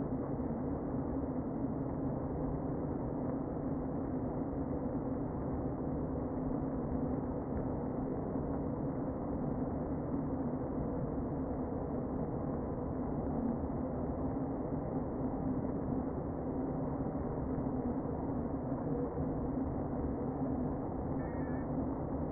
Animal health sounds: honeybee colony, microphone inside the hive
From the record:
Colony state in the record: queen present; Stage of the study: before two queens were removed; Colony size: about 60,000 bees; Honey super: yes

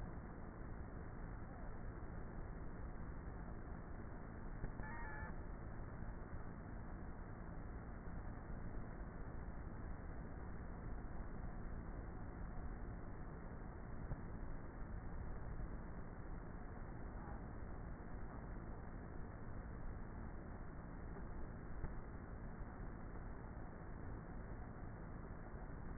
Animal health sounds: honeybee colony, microphone inside the hive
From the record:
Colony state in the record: queenless with a low population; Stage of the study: before two queens were removed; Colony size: about 30,000 bees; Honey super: no

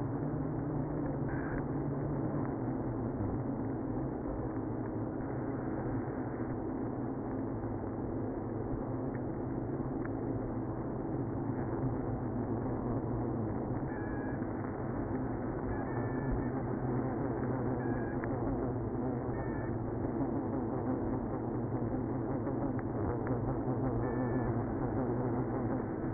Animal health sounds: honeybee colony, microphone inside the hive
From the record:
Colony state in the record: queenless (queen removed); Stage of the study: after two queens were removed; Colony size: about 60,000 bees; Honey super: yes

